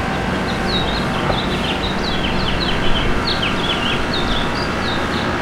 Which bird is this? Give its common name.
House Finch